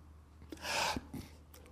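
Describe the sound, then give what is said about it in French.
One slow, deep breath from a breathing exercise rushes out as a soft, airy whoosh lasting under half a second, framed by faint mouth clicks and quiet hiss, with no talking. “C'est le fun de la respiration.”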